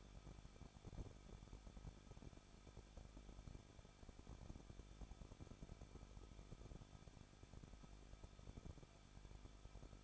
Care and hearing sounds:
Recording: daily activity, microphone in the room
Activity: no activity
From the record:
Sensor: 5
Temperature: 20.9 degrees Celsius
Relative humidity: 38.2%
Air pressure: 1006.4 hPa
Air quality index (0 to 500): 189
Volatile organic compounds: 19 ppm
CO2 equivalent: 2662 ppm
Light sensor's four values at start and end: 2/3/1/1 and 2/3/1/1

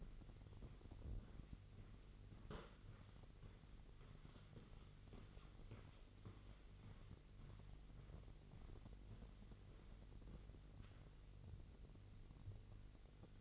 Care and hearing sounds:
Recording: daily activity, microphone in the room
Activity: walk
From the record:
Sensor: 4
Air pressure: 1002.4 hPa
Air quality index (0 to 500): 215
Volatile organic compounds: 12 ppm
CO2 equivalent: 2324 ppm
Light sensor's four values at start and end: 20/71/26/26 and 20/70/26/26

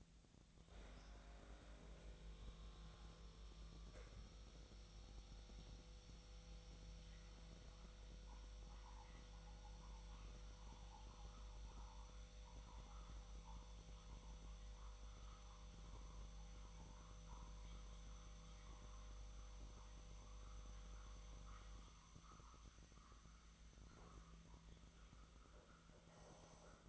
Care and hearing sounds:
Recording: daily activity, microphone in the room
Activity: make coffee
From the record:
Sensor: 3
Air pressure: 1000.3 hPa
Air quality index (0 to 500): 143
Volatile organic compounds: 2 ppm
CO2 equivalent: 1271 ppm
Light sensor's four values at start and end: 35/87/37/40 and 37/91/39/42

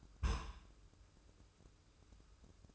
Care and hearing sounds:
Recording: daily activity, microphone in the room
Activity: place on stove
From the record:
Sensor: 2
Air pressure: 995.3 hPa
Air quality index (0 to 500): 79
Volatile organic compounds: 3 ppm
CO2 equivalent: 1400 ppm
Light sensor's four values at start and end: 22/73/29/27 and 22/73/29/27

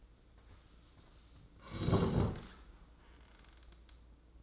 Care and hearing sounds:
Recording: daily activity, microphone in the room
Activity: sit down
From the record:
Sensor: 3

